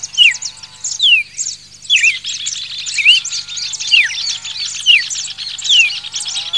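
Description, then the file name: Red-crested cardinal song with bright downslurred whistles and short upturned phrases, given roughly every second against continuous busy twittering. Song variation number 7. "suara kicauan burung red crested cardinal. omkicau"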